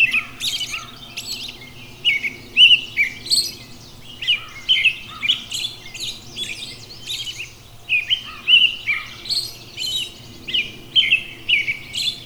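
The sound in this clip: Robin song running for several seconds, with repeated bursts of tinkling, high-pitched warbles and twitters separated by short gaps.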